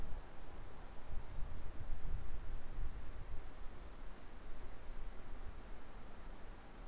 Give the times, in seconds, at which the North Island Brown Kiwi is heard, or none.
none